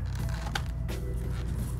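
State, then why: Seated. The last wheel module of a snap-together robot kit is pushed onto its plastic fitting on the kit body joint, clicking into place at 0.6 s with a sharp, bright snap over a steady low hum. The wheel module is seated on.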